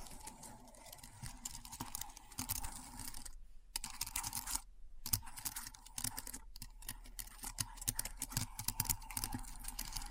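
Keyboard typing in a steady stream of quick, crisp key clicks, dense and slightly irregular. Brief pauses break the rhythm near 3.5 and 4.8 seconds, then the tapping resumes. A low, steady hum runs underneath throughout.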